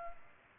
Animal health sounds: mosquito wingbeat signal from an infrared sensor; Culex pipiens

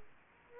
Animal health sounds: mosquito wingbeat signal from an infrared sensor; Aedes aegypti

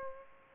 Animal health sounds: mosquito wingbeat signal from an infrared sensor; Aedes aegypti

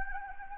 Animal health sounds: mosquito wingbeat signal from an infrared sensor; Anopheles gambiae

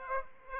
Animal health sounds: mosquito wingbeat signal from an infrared sensor; Aedes aegypti

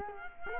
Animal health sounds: mosquito wingbeat signal from an infrared sensor; Culex quinquefasciatus

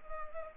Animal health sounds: mosquito wingbeat signal from an infrared sensor; Culex pipiens

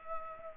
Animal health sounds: mosquito wingbeat signal from an infrared sensor; Culex pipiens

